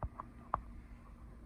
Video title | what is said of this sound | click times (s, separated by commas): Breville Oracle Touch Espresso Machine Review | You can see it tamped the espresso, and now all I have to do is lock into place. | 0.5 s